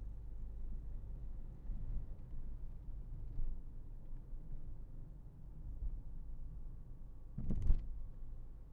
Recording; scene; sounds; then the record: everyday scene through a hearing-aid microphone; in a vehicle; engine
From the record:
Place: Berlingo II, diesel engine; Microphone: behind the ear, left, rear